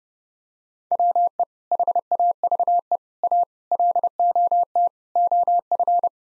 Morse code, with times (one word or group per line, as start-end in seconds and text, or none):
0.9-1.4 WE
1.7-3.0 HAVE
3.2-3.4 A
3.7-4.9 LOT
5.2-6.1 OF